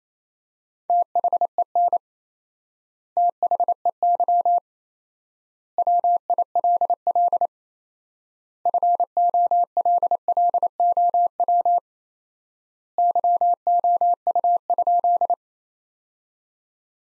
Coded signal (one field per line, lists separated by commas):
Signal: Morse code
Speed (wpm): 28 wpm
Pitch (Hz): 700 Hz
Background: none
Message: THEN THEY WILL FOLLOW YOU?